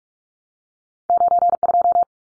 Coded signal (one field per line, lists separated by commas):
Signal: Morse code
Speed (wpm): 44 wpm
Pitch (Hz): 700 Hz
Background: none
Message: 92